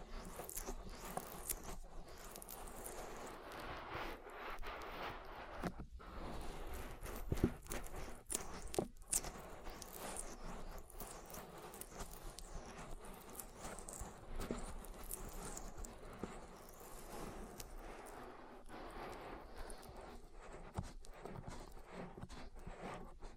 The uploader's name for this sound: Oil Ear Massage